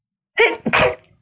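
A single sneeze from an adult.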